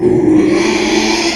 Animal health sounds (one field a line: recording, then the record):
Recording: squeal of a Yucatan mini pig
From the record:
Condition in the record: after surgery on the right vocal fold (resection and tissue-engineered implant)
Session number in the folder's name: 2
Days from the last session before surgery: 13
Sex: male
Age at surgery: 12 weeks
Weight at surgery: 13 kg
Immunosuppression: cyclosporine, prednisolone